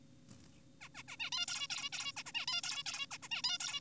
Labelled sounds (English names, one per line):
Zebra Finch